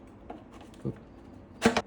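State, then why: Seated. A long plastic air nozzle tube is pushed onto the body of a PUMPKIN cordless blower with the release button pressed, and its one-sided plastic latch engages by itself. Soft handling knocks come at about 0.3 s and 0.9 s, then a loud snap at 1.8 s marks the tube locking into place.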